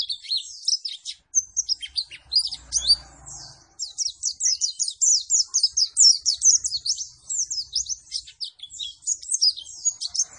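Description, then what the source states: White-eye song of quick, high, scratchy chirps strung into fast runs, with a short muffled low noise early on. Energetic 'gacor' singing after being doped with Metabolis and You C 1000.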